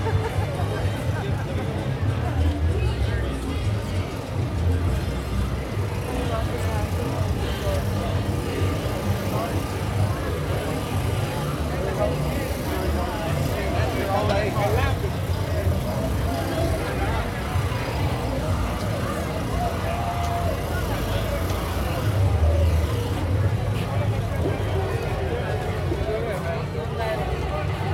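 A street festival crowd fills the scene with a steady wash of overlapping voices and chatter, recorded while walking through. A constant low rumble of traffic and engines runs underneath, swelling slightly around the middle and near the end.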